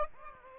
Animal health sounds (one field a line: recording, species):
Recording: mosquito wingbeat signal from an infrared sensor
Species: Aedes albopictus